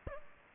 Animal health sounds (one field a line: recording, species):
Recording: mosquito wingbeat signal from an infrared sensor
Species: Aedes aegypti